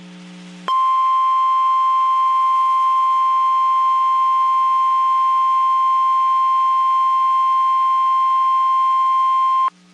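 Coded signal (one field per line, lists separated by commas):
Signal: Emergency Alert System (SAME) tones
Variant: 1050 Hz attention tone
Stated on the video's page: Severe thunderstorm watch and warnings relayed by a NOAA weather radio station in Waco, Texas.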